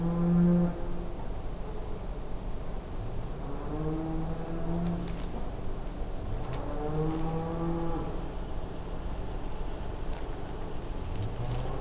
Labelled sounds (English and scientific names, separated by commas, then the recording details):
none
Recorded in France